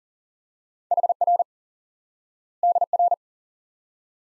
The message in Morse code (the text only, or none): HR DR